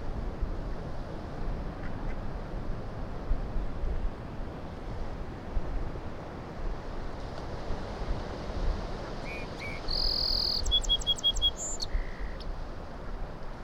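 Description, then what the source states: Song sparrow song, a late burst of high clear notes running into a quick trill and a low buzzy ending, over steady surf roar. On Low Island; song sounded different from local town sparrows; distant surf throughout; very light breeze with a little wind noise; handheld Sony PCM-M10.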